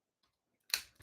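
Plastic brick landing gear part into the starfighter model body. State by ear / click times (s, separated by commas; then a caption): seated / 0.7 s. A plastic LEGO landing gear part is fitted into the body of a Resistance Y-Wing Starfighter model (set 75249) during building. After near silence, a single sharp, bright click sounds at 0.7 s and fades quickly. The landing gear snaps into place.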